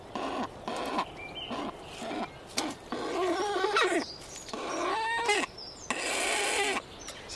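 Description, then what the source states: Weka growling call, rough grunts and growls repeated irregularly. Male calling his mate or chicks to offer food (meat) he has just been given; wild weka on a regenerating farm in the Marlborough Sounds.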